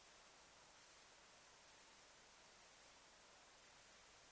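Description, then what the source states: Birdlike noctule calls: crisp high chirps that drop quickly in pitch, about one per second, growing louder, against near silence. Recorded 21 July 2009.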